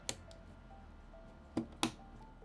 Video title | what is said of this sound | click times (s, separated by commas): Montech HS02 Pro White Step-by-Step Guide on How To Build a Gaming PC 9800X3D + RTX 5080 | Same thing, 2 clicks. | 0.1 s, 1.8 s